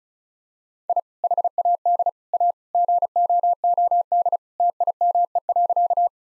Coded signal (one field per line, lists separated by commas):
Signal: Morse code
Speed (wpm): 34 wpm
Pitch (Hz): 700 Hz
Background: none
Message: I HAD A GOOD TIME.